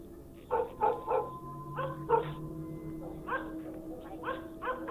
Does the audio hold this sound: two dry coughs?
no